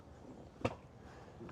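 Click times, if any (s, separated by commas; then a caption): 0.7 s. The backrest adjuster on an e-trike seat is moved forward and locks into place with a sharp click at 0.6 s. A fainter tap follows near 1.5 s over low background noise. The backrest is confirmed to lock in the forward position.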